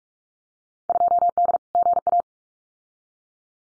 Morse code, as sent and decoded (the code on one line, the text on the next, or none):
..--- -.. / --. .-
2D GA